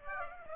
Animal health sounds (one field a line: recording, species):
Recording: mosquito wingbeat signal from an infrared sensor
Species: Aedes aegypti